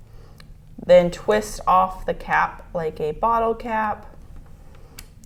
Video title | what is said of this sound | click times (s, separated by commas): Testing Blood Glucose Counseling | and until I hear a click | 0.4 s